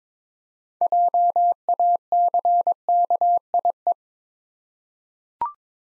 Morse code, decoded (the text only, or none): JACKIE